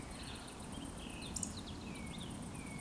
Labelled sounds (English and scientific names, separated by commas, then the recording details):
Eurasian Woodcock (Scolopax rusticola) whistle
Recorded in Baden-Württemberg, Germany, on 23 June 2020 at 20:17 UTC
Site 14569, 102 m above sea level